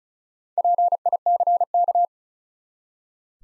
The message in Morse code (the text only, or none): PICK